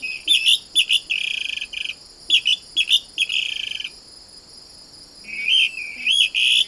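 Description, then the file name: Blackish rail giving bursts of squeaky whistles and short trills, a pause in the second half, then more squealing notes; a continuous high-pitched insect drone runs underneath. "canto da saracura do banhado"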